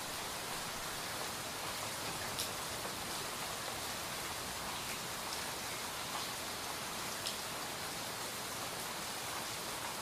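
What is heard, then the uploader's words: Soft rain falls steadily in a dense, even hiss that stays bright and constant, with occasional faint drip taps and no thunder. Soft Rainfall for Sleep - White Noise.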